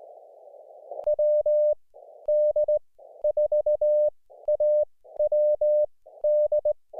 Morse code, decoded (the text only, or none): WD4AWD